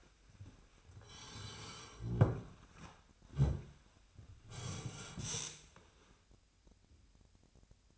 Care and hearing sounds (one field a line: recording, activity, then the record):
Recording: daily activity, microphone in the room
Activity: sit down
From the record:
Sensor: 2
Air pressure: 1007.7 hPa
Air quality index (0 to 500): 179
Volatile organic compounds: 10 ppm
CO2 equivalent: 2202 ppm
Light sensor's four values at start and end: 9/23/9/10 and 9/22/9/10